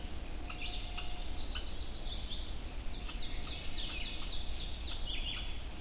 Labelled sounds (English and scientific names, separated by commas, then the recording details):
Ovenbird (Seiurus aurocapilla) song
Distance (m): 60 m
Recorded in boreal forest in Alberta, Canada, on 22 June 2016 at 05:47
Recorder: SongMeter 3, array SBT-6-76
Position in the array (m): 150 m, 110 m
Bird 3